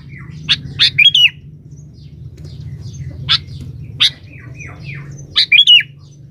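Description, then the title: Sooty-headed bulbul song: short bubbly phrases at the start and near the end, separated by sharp single chips and faint downslurred notes, over a steady low hum. "Kutilang"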